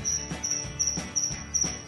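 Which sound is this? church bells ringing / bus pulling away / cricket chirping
cricket chirping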